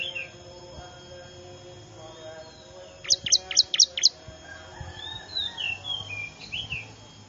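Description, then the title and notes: Bar-winged prinia calls: five sharp, high chirps in quick succession, then softer sliding twitters. Lure call played to attract wild birds, described as most effective; local name ciblek; small noisy birds. "Suara Pikat Burcil Ribut Paling Ampuh Ngabisin Burung Liar Ini. ciblek"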